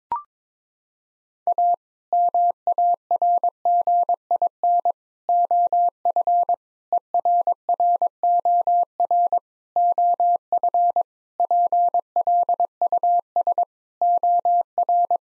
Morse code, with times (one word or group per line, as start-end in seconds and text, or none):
1.5-1.7 A
2.1-4.9 MARGIN
5.3-6.5 OF
6.9-9.4 ERROR
9.8-11.0 OF
11.4-13.6 PLUS
14.0-15.2 OR